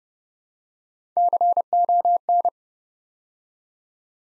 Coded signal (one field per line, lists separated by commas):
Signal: Morse code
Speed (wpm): 30 wpm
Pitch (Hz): 700 Hz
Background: none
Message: CON